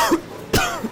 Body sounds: coughing mixed with background sound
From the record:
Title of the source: Coughing 51

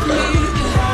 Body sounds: coughing mixed with background sound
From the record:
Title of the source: female coughing - coughing sound effects girl

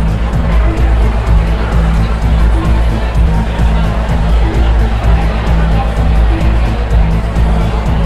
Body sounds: background sound without coughing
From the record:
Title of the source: Party Noise 1 Hour Party Ambience

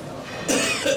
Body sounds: coughing mixed with background sound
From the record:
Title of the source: Spring Cold Coughing.

